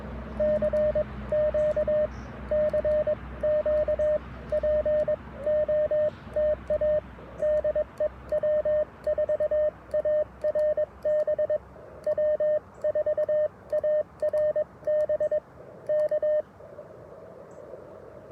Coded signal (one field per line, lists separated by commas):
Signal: Morse code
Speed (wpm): 21 wpm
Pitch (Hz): 610 Hz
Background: radio noise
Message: CQ CQ POTA DE W4ARB W4ARB K